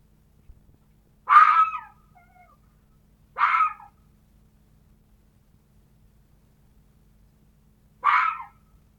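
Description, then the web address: Fox uttering rasping barks at uneven intervals, two close together then a longer gap before the third. "glos lisy dla dzieci"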